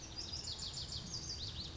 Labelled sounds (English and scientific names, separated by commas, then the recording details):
Lazuli Bunting (Passerina amoena)
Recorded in Sonoma County, California